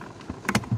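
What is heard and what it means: A plastic wiring harness connector is pushed onto a new blower motor resistor in a 2007–2012 Hyundai Santa Fe. Two sharp clicks are heard at 0.5 and 0.6 seconds, with a fainter tick just after. The connector is seated and holds when pulled.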